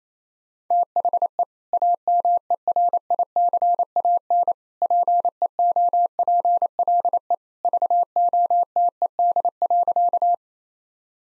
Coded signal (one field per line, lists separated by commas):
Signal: Morse code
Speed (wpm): 28 wpm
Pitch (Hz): 700 Hz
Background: none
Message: THE AMERICAN PEOPLE VOTED.